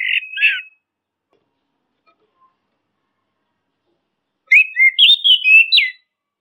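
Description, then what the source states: Orange-headed thrush song: a short whistled burst, a long silence, then a quick run of bright, varied, slurred whistles rising and falling. Masteran training recording for songbirds; locally called anis kembang or punglor kembang.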